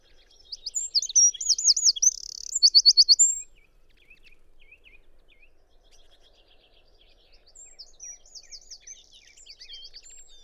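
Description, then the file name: Eurasian wren singing a loud, high-pitched burst of rapid trills and twittering notes for about three seconds, followed by quieter, similar trilled phrases. "Troglodytes troglodytes"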